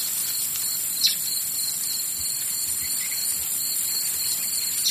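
Cricket chirps come as brief high trills in quick succession, one after another, beneath a steady bright hiss and an occasional faint tick.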